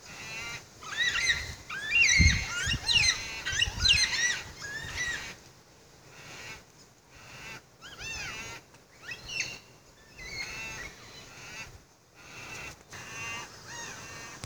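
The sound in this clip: Baudin's black cockatoo calls: several harsh, wavering wails overlapping in bursts, then quieter scattered cries, with a few low thumps early on.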